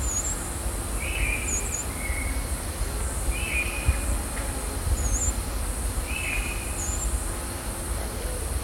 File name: finschs pygmy parrot